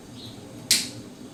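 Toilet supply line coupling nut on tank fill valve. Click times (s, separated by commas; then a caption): 0.7 s. A twist-and-click toilet water supply line coupling nut is threaded by hand onto the tank fill valve shank. Its built-in clutch gives a single sharp, bright click at 0.7 s over faint background noise, showing the nut is tight enough.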